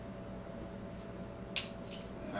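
A ratchet crimper squeezes a metal terminal onto a wire against a steady low hum. At 1.6 s the tool gives a sharp click as it reaches full crimp, followed by a fainter click just after. The crimp is confirmed complete.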